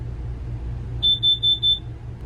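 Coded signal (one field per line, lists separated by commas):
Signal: alarm pattern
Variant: propane gas leak detector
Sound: four quick shrill beeps in a row over a low background rumble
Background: low engine-like rumble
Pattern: 4 short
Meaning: The RV propane detector is sounding its alarm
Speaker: About every 3 or 4 seconds, 4 beeps.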